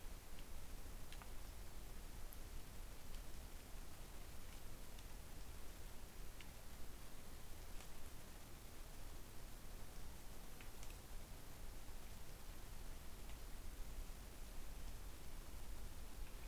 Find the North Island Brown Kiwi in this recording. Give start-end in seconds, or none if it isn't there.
none